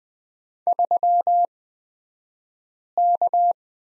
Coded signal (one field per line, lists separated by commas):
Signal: Morse code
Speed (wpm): 20 wpm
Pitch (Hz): 700 Hz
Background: none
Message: 3K